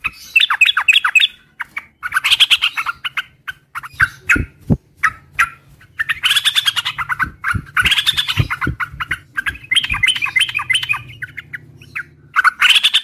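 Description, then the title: Oriental magpie-robin giving rapid whistles and loud grating chatter bursts, broken by sharp low clicks, over a steady low hum. Bird in full vigorous song (gacor); whistled song used as a lure to provoke other magpie-robins into answering. "Pancingan Suara Siulan Kacer Gacor Mantap Untuk Memancing Kacer Lain Agar Mau Nyaut Bunyi"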